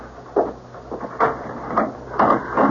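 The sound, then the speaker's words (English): A door is opened with a series of short clunks and rattling scrapes, five or so uneven bursts of mid-pitched noise over a low hum, with no one speaking. “Better, I suppose, to answer the door.”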